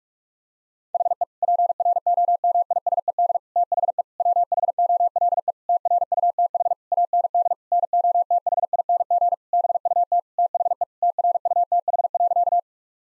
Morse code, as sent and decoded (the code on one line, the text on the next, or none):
.... . / .--. .-. --- -- .. ... . -.. / - .... . / .-- .... --- .-.. . / - .-. ..- - .... / .- -. -.. / -. --- - .... .. -. --. / -... ..- - / - .... . / - .-. ..- - .... .-.-.-
HE PROMISED THE WHOLE TRUTH AND NOTHING BUT THE TRUTH.